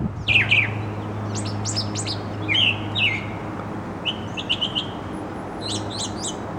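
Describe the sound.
Bird chirps, high and quick, in small groups of two or three with brief pauses, while a low steady hum continues underneath.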